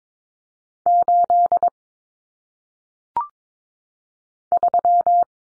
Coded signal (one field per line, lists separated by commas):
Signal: Morse code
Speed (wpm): 22 wpm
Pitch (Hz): 700 Hz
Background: none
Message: 8 3